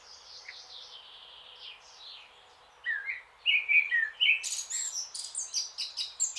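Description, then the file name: Eurasian blackcap song: soft, thin warbling at first, then louder mixed phrases of fluty whistles and sharp chattering notes repeated quickly to the end. "Sylvia atricapilla"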